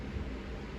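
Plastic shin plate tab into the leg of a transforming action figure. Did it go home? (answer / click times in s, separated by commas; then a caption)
no / none. A plastic shin plate on a Transformers Rise of the Beasts Studio Series Cheetor action figure is lifted and its tab is worked toward its slot in the leg during transformation. Only a steady low, noisy rumble with soft handling is heard, with no sharp hits. Nothing has seated or clicked yet.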